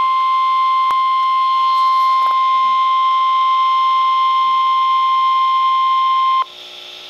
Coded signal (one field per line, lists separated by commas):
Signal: Emergency Alert System (SAME) tones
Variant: 1050 Hz attention tone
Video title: Coastal Flood Warning (EAS #710)